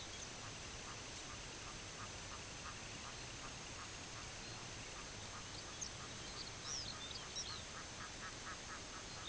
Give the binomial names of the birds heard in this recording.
Calidris pusilla, Gavia stellata, Calcarius lapponicus